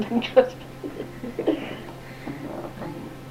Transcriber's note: laughs